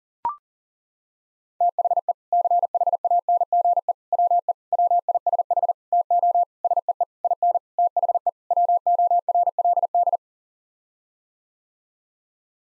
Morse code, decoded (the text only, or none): THE CHANGE WE WISH TO SEE IN THE WORLD